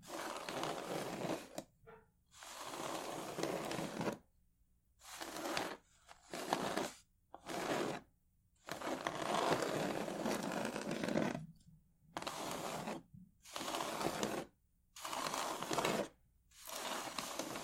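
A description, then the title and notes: Wooden ASMR triggers come in bursts of dense scratching and rubbing, each lasting from about half a second to three seconds, broken up by short stretches of complete silence. The bursts are bright and crackly, with a steady grinding texture and no voice or background sounds. ASMR Wooden Triggers 1hour（No Talking）.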